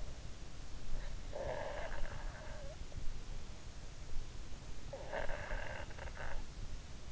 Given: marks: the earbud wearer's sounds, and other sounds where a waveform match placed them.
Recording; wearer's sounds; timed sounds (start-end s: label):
sounds in sleep by an in-ear microphone; snoring breath
1.30-2.86 s: snoring breath
4.88-6.44 s: snoring breath